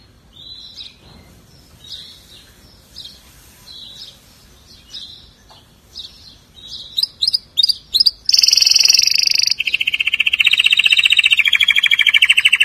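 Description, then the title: Atlantic canary song opening with soft scattered chirps for several seconds, then sharp notes and a loud, rapid, rattling trill that drops to a lower repeated phrase. "Kenari"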